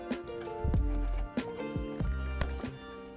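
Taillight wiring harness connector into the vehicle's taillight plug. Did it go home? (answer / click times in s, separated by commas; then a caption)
yes / 2.4 s. A plastic wiring harness connector on an ANZO DRL Outline LED taillight is pushed into the factory taillight plug on a 2018-2020 Ford F-150 after the light is lifted and brought around. Soft handling noise plays over a steady background with tonal music, and sharp knocks come at about 0.7 s and 2.0 s. A crisp click at 2.4 s marks the connector seating.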